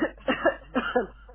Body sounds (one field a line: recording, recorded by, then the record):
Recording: voluntary cough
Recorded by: telephone call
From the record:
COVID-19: positive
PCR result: checked with the laboratory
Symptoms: yes